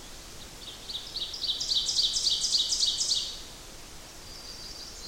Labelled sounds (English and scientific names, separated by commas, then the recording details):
Ovenbird (Seiurus aurocapilla) song
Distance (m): 20 m
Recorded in boreal forest in Alberta, Canada, on 8 June 2016 at 05:39
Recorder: SongMeter 3, array SBT-3-9
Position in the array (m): 51 m, 108 m
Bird 33